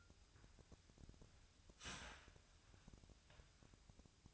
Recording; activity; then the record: daily activity, microphone in the room; start toaster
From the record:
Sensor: 2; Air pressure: 1001.7 hPa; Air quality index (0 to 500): 242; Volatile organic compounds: 35 ppm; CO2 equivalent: 3055 ppm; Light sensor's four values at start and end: 10/31/12/12 and 10/31/12/12